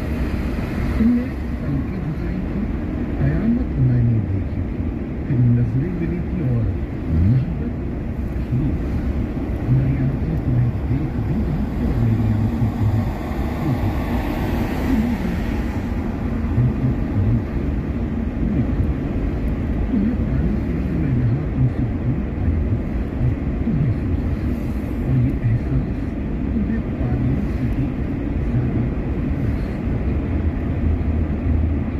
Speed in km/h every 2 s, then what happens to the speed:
58, 59, 60, 61, 61, 62, 63, 63, 63, 63, 63, 63, 63, 64, 64, 64.
0-32 steady at about 63.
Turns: none.